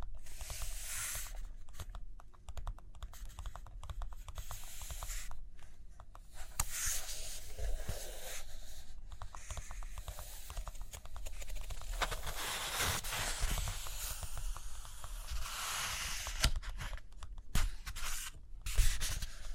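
Paper being handled, with pages turned and tapped, and pen or pencil scratching as someone writes or draws. Short sharp taps and clicks come irregularly throughout, between longer hissing rustles and swishes of paper, notably around 7, 12 and 15 seconds.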